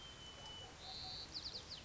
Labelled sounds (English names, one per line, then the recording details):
White-crowned Sparrow
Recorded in Sonoma County, California